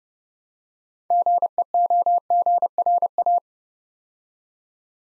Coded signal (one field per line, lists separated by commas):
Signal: Morse code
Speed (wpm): 30 wpm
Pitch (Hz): 700 Hz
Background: none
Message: GEOGRA